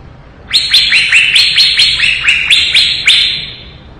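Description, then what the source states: Leafbird song: one continuous phrase of about three seconds, made of rapid, evenly spaced, sharp high notes. Lively singing (gacor), 2017.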